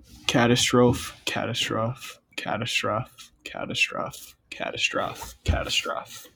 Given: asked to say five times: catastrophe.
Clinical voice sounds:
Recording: repeated word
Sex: male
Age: 18 to 19 years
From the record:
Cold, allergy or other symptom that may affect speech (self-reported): no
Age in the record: 19 years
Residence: Minnesota, United States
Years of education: 12

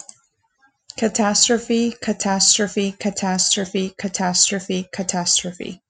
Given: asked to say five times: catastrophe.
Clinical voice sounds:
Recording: repeated word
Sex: female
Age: 30 to 39 years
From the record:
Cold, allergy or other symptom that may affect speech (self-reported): no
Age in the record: 30 years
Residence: California, United States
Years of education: 13

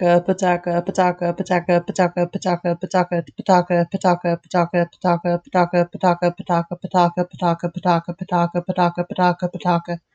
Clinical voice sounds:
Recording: repeated syllables /pa ta ka/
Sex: female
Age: 20 to 29 years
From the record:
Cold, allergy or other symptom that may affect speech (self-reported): no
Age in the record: 23 years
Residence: Florida, United States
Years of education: 13

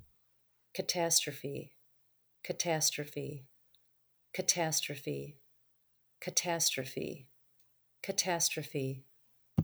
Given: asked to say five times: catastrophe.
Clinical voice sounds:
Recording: repeated word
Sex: female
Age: 40 to 49 years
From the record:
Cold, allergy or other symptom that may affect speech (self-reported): no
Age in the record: 49 years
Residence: Michigan, United States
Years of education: 15

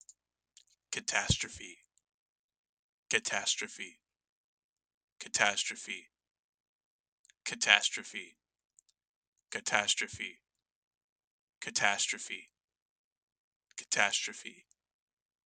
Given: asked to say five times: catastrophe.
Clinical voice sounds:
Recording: repeated word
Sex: male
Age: 20 to 29 years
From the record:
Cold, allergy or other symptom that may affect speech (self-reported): no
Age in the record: 23 years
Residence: Indiana, United States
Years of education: 13

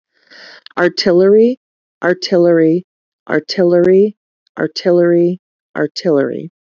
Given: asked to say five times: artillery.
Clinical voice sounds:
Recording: repeated word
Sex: female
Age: 40 to 49 years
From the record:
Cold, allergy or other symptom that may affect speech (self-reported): no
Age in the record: 41 years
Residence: Illinois, United States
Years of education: 12

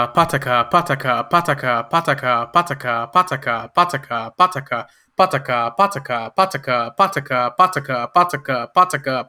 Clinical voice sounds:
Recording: repeated syllables /pa ta ka/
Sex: male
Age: 30 to 39 years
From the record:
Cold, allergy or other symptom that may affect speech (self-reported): no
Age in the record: 34 years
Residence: Florida, United States

